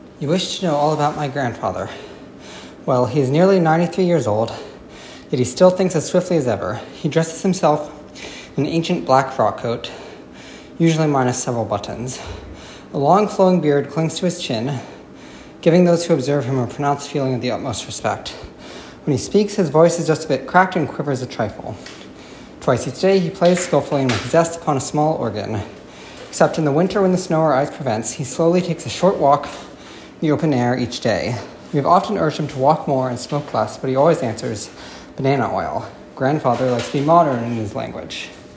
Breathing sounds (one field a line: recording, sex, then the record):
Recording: reading aloud after running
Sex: male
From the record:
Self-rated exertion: very hard exertion (5 of 6)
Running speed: 7 miles an hour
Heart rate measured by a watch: 171 beats a minute at the start, 167 at the end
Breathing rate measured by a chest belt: 25 breaths a minute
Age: 21 years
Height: 168 cm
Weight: 61 kg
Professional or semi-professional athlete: no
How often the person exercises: under once a week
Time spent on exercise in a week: 1 to 2 hours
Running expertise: yes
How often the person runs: under once a week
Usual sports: running, hiking, soccer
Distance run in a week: 0 km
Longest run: 10 km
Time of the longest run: 50 minutes